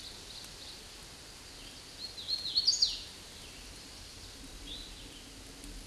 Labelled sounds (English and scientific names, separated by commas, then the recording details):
Hooded Warbler (Setophaga citrina) song
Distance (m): 25 m
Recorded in a Pennsylvania forest on 18 May 2023 at 09:32
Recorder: AudioMoth, point grid1_7_low
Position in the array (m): 172 m, 84 m